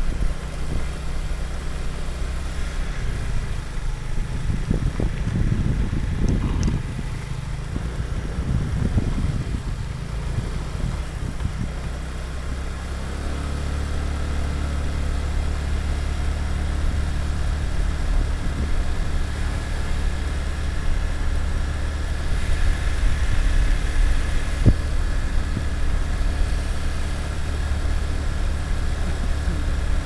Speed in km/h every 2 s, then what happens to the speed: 15, 13, 11, 12, 12, 14, 19, 22, 24, 24, 25, 25, 25, 24, 24.
0-5 steady at about 13. 5-16 speeds up to 24. 16-30 steady at about 24.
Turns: none.